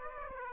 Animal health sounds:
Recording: mosquito wingbeat signal from an infrared sensor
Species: Aedes aegypti

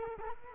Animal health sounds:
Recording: mosquito wingbeat signal from an infrared sensor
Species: Culex quinquefasciatus

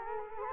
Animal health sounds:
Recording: mosquito wingbeat signal from an infrared sensor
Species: Culex quinquefasciatus

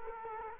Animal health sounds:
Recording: mosquito wingbeat signal from an infrared sensor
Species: Culex quinquefasciatus

